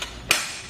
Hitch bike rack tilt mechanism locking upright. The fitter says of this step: hear that nice loud audible click letting you know it's locked in place